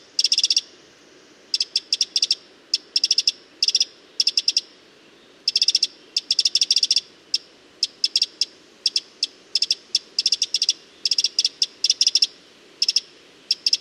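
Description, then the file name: Eurasian wren calling with runs of rapid, dry ticks, burst after burst with short pauses throughout, over faint background noise. "Troglodytes troglodytes"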